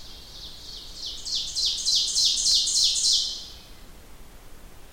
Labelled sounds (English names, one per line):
Ovenbird song